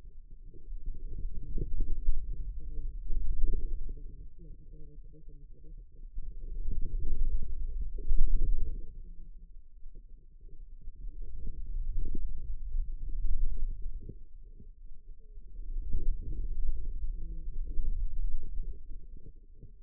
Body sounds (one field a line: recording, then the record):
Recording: forearm muscle sounds (acoustic myography)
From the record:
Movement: wrist extension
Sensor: system 2, bracelet of six BSWA MPA416 microphones around the upper forearm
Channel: 4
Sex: female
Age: 25 years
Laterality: right